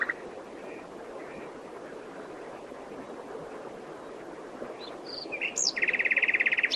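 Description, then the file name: Common nightingale song: quiet at first, then a few high slurred notes lead into a fast, even series of buzzy repeated notes; steady background rumble. "Luscinia megarhynchos"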